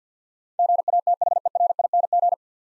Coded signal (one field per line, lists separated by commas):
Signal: Morse code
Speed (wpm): 52 wpm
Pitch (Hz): 700 Hz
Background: none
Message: GATHERING